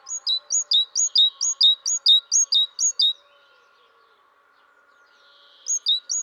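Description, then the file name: Great tit song: a bright two-note phrase, high then lower, repeated rapidly for three seconds, a pause, then resuming, with a faint steady hum below. "Parus major"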